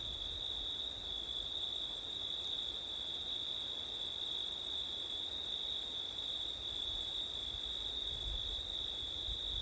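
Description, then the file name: Crickets sing a constant, even high trill throughout, with low wind rumble beneath. Crickets on a September night in wind. "crickets wind september night ortif"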